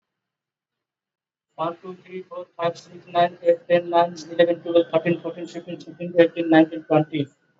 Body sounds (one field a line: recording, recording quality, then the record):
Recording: counting at a fast pace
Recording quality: moderate, slight background noise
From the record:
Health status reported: exposed to COVID-19, no respiratory illness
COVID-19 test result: not tested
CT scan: not taken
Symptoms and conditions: none ticked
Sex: male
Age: 55 years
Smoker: no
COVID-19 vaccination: both doses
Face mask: worn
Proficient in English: yes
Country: India